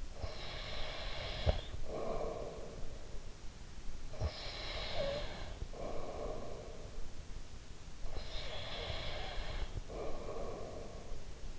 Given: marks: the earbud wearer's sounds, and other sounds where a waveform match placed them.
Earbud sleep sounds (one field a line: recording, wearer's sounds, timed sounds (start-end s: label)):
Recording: sounds in sleep by an in-ear microphone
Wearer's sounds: breath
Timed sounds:
0.00-3.34 s: breath
3.90-7.54 s: breath
7.83-11.59 s: breath